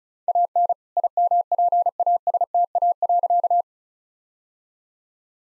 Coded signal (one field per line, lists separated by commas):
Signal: Morse code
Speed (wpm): 36 wpm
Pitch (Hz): 700 Hz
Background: none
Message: AN IMPASTA.